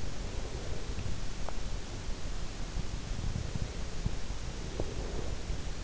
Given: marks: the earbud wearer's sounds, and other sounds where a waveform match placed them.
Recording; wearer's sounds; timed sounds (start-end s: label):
sounds in sleep by an in-ear microphone; breath
0.73-5.84 s: breath